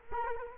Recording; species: mosquito wingbeat signal from an infrared sensor; Culex quinquefasciatus